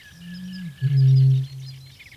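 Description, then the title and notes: Eurasian bittern boom: a short higher gulp followed by one deep, steady boom, with faint birdsong above it. From Päijät-Häme, Finland, in spring; released on cassette in 1983. "Kaulushaikara. Ilkka Heiskanen Kevät - Luontoääniä Päijät-Hämeestä"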